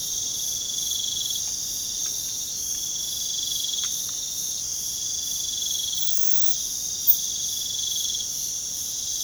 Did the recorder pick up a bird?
no